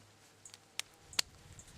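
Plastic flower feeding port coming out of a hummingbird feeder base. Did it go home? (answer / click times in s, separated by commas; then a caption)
released / 0.8 s, 1.2 s. Plastic flower feeding ports are pushed gently out of the base of a Stokes Select Royal Hummingbird Feeder so it can be cleaned. Faint small ticks come first, then two sharp plastic pops at 0.8 s and 1.2 s as the ports are released.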